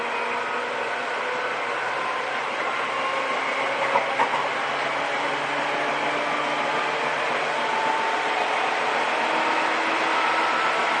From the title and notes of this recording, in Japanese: 西武旧2000系 西武新宿〜本川越。今回は急行運用を録音しました。モーターはMT54系の界磁チョッパ対応改良の独自型。